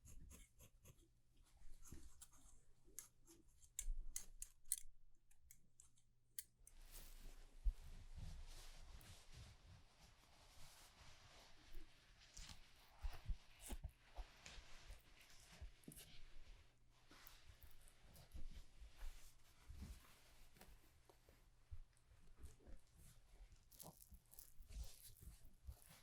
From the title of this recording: Haircut, Shaving, Shampoo & Massage